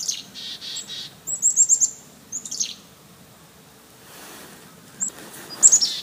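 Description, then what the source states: Chickadees giving high, thin, rapid notes in short bursts, with harsher buzzy calls and a pause of quiet in the middle. Chickadees mobbing.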